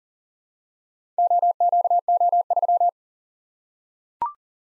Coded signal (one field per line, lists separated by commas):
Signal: Morse code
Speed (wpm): 44 wpm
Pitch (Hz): 700 Hz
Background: none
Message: OQO3